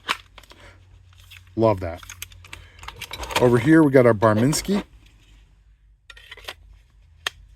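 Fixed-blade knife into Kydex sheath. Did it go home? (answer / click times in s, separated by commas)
yes / 7.3 s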